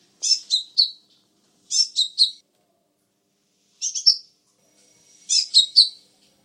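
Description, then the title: Sunbird song: four quick bursts of two or three high, squeaky chirps, separated by short pauses. "kicau kolibri"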